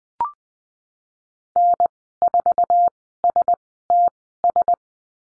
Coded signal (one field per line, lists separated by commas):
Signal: Morse code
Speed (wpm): 20 wpm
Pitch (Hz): 700 Hz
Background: none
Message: N4STS